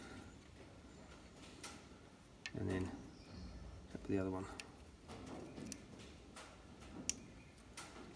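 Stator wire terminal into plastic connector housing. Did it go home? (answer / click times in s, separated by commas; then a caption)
yes / 7.1 s. During a stator replacement on a Kohler CH730 25hp engine, someone talks while pushing the second stator wire terminal up into the plastic connector housing. A sharp click at 7.1 s shows the terminal is seated.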